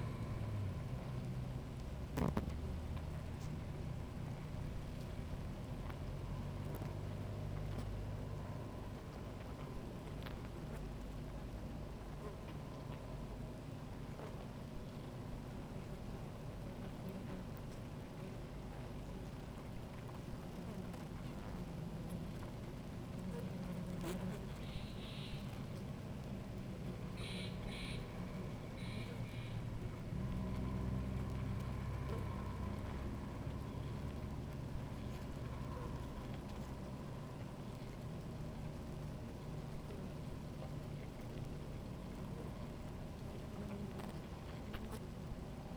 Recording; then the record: honeybee colony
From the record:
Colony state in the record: active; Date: 28 July 2017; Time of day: 17:00